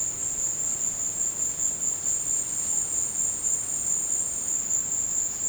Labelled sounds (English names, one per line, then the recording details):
none
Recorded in dense forest near Puerto Asís, Putumayo, Colombia, on 22 December 2024 at 15:30
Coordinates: 0.466, -76.327
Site G075